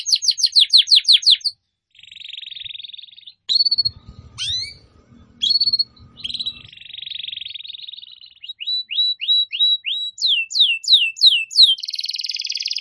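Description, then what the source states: Canary song of fast swept notes, buzzy rattling trills and sudden chirps, with a short stretch of low rumbling noise in the middle. Canary song used as a lure for birds.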